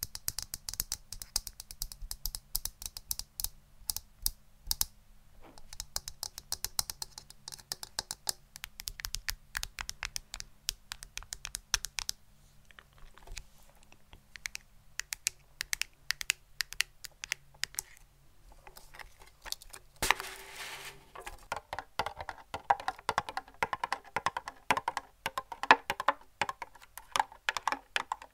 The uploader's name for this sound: Tapping